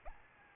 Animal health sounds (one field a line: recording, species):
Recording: mosquito wingbeat signal from an infrared sensor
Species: Anopheles arabiensis